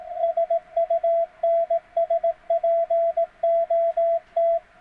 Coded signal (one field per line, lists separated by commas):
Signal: Morse code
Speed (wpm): 17 wpm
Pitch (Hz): 670 Hz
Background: radio noise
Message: SUNSPOT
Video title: CW Ain't For Machines!